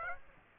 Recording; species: mosquito wingbeat signal from an infrared sensor; Aedes aegypti